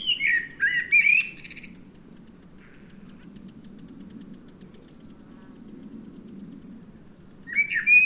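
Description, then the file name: Eurasian blackbird giving a mellow warbled phrase with a thin high flourish, then a long pause before another fluty phrase begins, with a low background hum. "Turdus merula"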